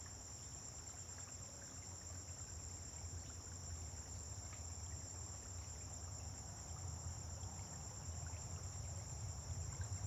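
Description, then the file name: Unbroken high cricket trill with a low traffic rumble that grows slightly louder toward the end. Dawn on a farm, crickets with vehicles passing on a distant road. "Amanhecer na fazenda com grilos veiculos passando em estrada longe"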